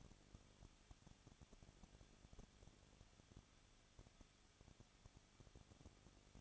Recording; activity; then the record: daily activity, microphone in the room; no activity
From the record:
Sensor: 4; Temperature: 23.1 degrees Celsius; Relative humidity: 34.1%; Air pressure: 1007.2 hPa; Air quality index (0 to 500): 214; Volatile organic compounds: 14 ppm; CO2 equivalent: 2470 ppm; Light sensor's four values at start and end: 2/3/1/1 and 2/3/1/1